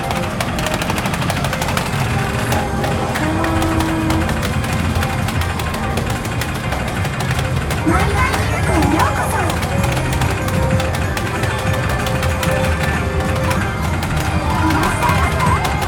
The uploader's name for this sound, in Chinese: 台北車站Y區地下街